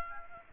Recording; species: mosquito wingbeat signal from an infrared sensor; Aedes aegypti